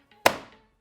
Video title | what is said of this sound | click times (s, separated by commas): This Arcade Machine is hidden in plain sight! And This is how I Built It! | snap into place and securely hold it and then with a bit of force | 0.3 s